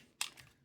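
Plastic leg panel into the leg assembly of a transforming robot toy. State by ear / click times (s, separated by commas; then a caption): seated / 0.2 s. A plastic leg panel is pushed down into the leg assembly of a transforming robot toy's second leg, matching the first. It snaps into place with a sharp, bright click at 0.2 s, followed by fainter plastic ticks. The panel is seated.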